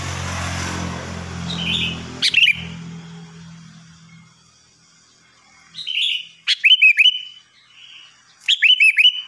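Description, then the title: Sooty-headed bulbul song: a noisy start with a few brief notes, then two short phrases of quick whistled notes, each after a softer note. "Kutilang"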